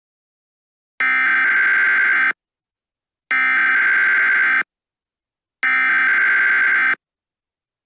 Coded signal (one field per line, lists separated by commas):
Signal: Emergency Alert System (SAME) tones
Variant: header bursts